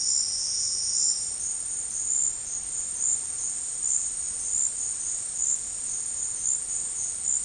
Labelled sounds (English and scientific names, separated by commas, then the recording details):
none
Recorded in dense forest near Puerto Asís, Putumayo, Colombia, on 18 February 2024 at 12:30
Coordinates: 0.472, -76.329
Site G6394